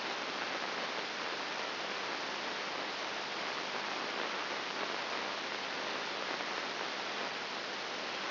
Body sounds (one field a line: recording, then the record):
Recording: brain microelectrode recording played as sound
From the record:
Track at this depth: inside the subthalamic nucleus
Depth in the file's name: 3.101 mm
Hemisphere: right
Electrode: 3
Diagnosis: Parkinson's disease